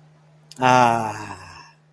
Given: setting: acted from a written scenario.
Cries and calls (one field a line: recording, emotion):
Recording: vocal sound without words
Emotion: contentment